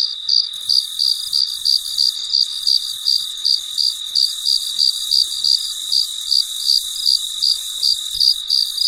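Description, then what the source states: A cricket gives short, bright chirps in a regular run, roughly three each second, with a continuous high hiss behind. Recorded late at night, very quiet surroundings.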